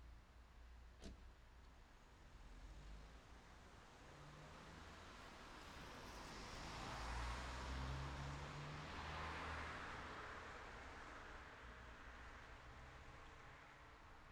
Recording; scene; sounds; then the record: everyday scene through a hearing-aid microphone; in traffic; traffic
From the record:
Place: city secondary road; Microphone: in the ear canal, left